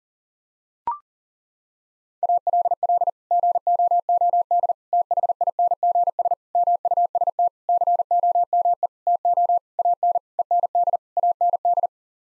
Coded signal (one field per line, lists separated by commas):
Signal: Morse code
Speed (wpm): 40 wpm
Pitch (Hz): 700 Hz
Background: none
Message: ALL GOOD THINGS MUST COME TO AN END AND